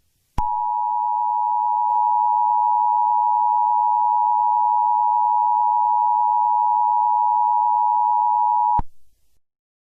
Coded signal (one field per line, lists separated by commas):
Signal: Emergency Alert System (SAME) tones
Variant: 853 and 960 Hz attention tone